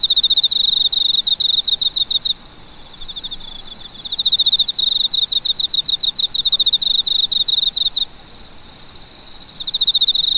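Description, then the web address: Cricket chirping in bursts of quick, high, regularly spaced pulses, each burst lasting a few seconds and separated by short pauses, with a thin steady background hiss. "sound nature cricket"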